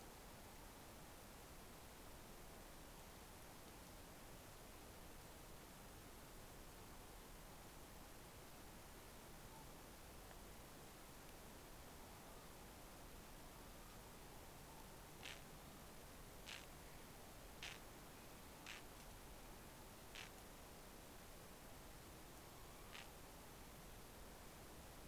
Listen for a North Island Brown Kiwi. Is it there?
no